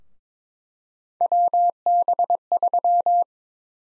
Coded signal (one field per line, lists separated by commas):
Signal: Morse code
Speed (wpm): 22 wpm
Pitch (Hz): 700 Hz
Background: none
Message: WB3